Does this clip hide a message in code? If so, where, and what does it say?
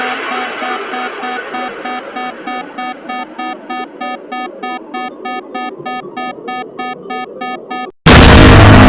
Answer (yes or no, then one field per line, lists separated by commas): no